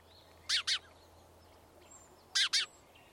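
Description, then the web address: Bird uttering two quick double chirps, each pair of bright, sharp high notes, separated by nearly two seconds of quiet. "Deverinetal 2025. Bird Only"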